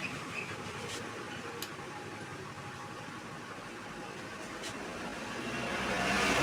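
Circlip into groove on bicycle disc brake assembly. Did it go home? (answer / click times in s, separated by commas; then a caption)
yes / 1.6 s. A metal circlip is set into its groove on a bicycle disc brake assembly with circlip lock pliers. Over a steady background hiss that grows louder toward the end, a short, sharp metallic click is heard at 1.6 seconds as the circlip snaps into its groove and seats.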